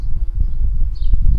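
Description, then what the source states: Garden bumblebee buzzing, a steady low droning hum with a brief faint higher tone late. Worker bees.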